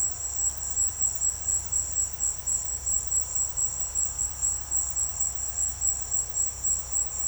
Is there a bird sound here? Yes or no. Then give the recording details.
no. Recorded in dense forest near Puerto Asís, Putumayo, Colombia, on 21 February 2024 at 15:00. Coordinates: 0.487, -76.319. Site G6403